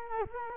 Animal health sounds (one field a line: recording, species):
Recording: mosquito wingbeat signal from an infrared sensor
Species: Culex quinquefasciatus